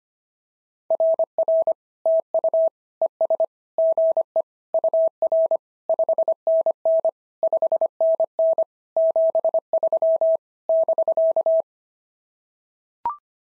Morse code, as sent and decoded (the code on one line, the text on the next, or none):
.-. .-. / - ..- / . ... / --. . / ..- .-. / ..... -. -. / ..... -. -. / --... ...-- / -...-.-
RR TU ES GE UR 5NN 5NN 73 <BK>